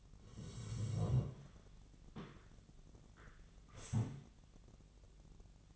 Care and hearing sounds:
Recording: daily activity, microphone in the room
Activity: sit down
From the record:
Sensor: 4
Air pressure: 1001.2 hPa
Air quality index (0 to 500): 182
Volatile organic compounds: 2 ppm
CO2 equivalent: 1303 ppm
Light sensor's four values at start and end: 14/33/14/14 and 15/34/14/14

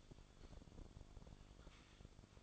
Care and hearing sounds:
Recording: daily activity, microphone in the room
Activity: typing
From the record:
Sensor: 5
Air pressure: 1004.6 hPa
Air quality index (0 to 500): 168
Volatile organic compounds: 4 ppm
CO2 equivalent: 1578 ppm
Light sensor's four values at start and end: 18/43/17/16 and 18/43/17/16

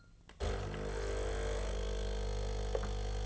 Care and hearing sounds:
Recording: daily activity, microphone in the room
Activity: make coffee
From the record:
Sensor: 4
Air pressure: 1010.1 hPa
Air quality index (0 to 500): 181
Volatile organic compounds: 5 ppm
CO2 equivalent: 1834 ppm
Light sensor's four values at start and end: 29/87/34/34 and 30/88/34/34

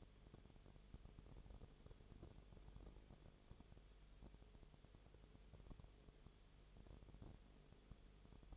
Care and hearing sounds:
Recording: daily activity, microphone in the room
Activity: no activity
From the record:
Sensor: 4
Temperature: 22.0 degrees Celsius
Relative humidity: 29.6%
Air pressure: 1002.1 hPa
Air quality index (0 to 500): 60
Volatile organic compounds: 1 ppm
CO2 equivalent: 612 ppm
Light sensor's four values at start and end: 2/3/1/1 and 2/3/1/1

